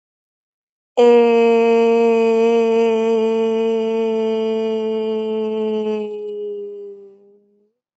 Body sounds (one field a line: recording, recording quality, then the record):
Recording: sustained vowel as in made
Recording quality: excellent, no background noise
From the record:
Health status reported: respiratory illness, not identified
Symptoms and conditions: asthma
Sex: female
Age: 23 years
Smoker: not ticked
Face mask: not worn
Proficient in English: yes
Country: India